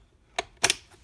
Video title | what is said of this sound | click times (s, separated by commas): Miele vacuum repair - Solaris Turbo | snaps in place and again you take it out you just push that down and take it out | 0.4 s, 0.6 s